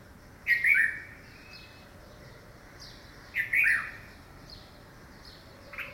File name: Pycnonotus cafer - Red-vented Bulbul